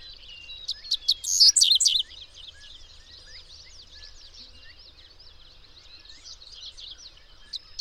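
Birdsong: a loud burst of high twittering notes, then continuous lively chirping and trills over a low background rumble.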